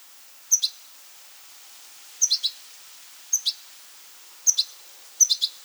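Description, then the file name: European goldfinch calls: five quick clusters of two or three thin, high twittering notes, irregularly spaced. "Carduelis carduelis"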